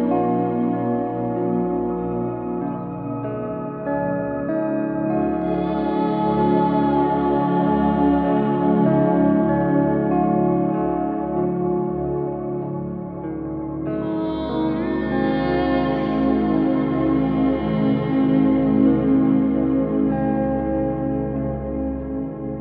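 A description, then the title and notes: A 852 Hz Solfeggio track: a dense, sustained drone of many stacked steady tones with a deep low hum underneath. It swells brighter around five seconds and again near fourteen seconds, holding an even loudness with slow shimmering shifts throughout. Frequency 852 Hz - Solfeggio.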